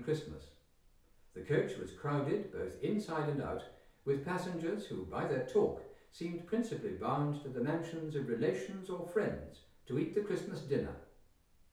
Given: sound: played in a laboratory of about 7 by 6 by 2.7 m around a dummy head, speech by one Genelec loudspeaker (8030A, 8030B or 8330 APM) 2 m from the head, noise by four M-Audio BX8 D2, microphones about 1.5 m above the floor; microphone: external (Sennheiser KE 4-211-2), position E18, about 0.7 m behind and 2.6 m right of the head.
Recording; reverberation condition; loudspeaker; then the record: male speech in English; medium; 60 degrees to the left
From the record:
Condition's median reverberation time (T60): about 510 ms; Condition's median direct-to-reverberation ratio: about -0.5 dB